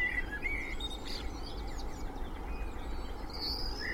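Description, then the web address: Birds in chorus, a few clear whistled notes and high short phrases over a broad low hum of traffic. Spring dawn chorus with distant traffic noise, Cheshire, UK. "beanstalk-audio Spring dawn chorus with distant traffic noise Cheshire UK"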